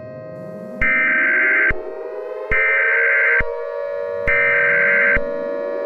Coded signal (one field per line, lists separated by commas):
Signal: Emergency Alert System (SAME) tones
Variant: header bursts